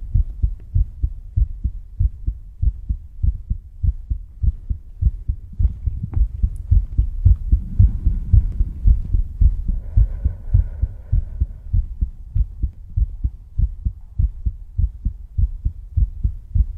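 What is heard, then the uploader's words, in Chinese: A heartbeat thumps steadily, low and muffled, with paired beats repeating a little more than once per second throughout. Around the middle a soft rumbling swell rises beneath the beats, and near ten seconds a faint higher whine briefly appears. 心跳声。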